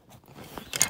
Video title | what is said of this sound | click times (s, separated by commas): Audi A6 C6 seat belt warning issues Quick Fix **No more Bleeping** 😊😊 | it back together you just line it up and it just clicks back in like that | 0.8 s